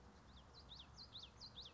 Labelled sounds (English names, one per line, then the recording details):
Common Yellowthroat
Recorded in Sonoma County, California